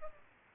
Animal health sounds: mosquito wingbeat signal from an infrared sensor; Culex pipiens

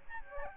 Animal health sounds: mosquito wingbeat signal from an infrared sensor; Aedes albopictus

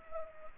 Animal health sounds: mosquito wingbeat signal from an infrared sensor; Anopheles arabiensis

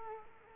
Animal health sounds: mosquito wingbeat signal from an infrared sensor; Culex quinquefasciatus

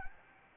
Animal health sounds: mosquito wingbeat signal from an infrared sensor; Anopheles gambiae

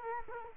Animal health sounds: mosquito wingbeat signal from an infrared sensor; Culex quinquefasciatus

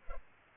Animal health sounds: mosquito wingbeat signal from an infrared sensor; Culex pipiens

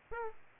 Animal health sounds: mosquito wingbeat signal from an infrared sensor; Aedes aegypti

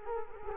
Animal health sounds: mosquito wingbeat signal from an infrared sensor; Culex quinquefasciatus

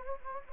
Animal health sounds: mosquito wingbeat signal from an infrared sensor; Anopheles gambiae

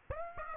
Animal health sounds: mosquito wingbeat signal from an infrared sensor; Aedes aegypti

